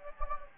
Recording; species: mosquito wingbeat signal from an infrared sensor; Anopheles gambiae